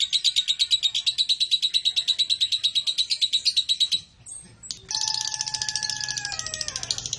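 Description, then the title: Lovebird rapid high chattering for several seconds, then a pause and a click, followed by a shrill, harsher sequence with whistled tonal lines. East Java, Indonesia. "Super Lovebird Jawa Timur"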